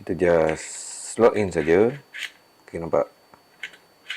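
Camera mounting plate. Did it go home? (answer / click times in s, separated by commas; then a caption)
no / none. Someone talks while a camera quick-release plate is slotted front-first into the mounting clamp of a DJI RS4 Mini gimbal, with brief handling taps near 3.3, 3.6 and 4.1 seconds. The plate has not yet been pushed home, so nothing has seated or clicked yet.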